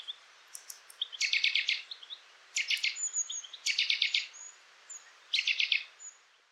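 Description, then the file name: Eurasian nuthatch calling in quick trilled bursts of sharp high notes about every one to two seconds, with faint thin whistles between bursts. "Sitta europaea"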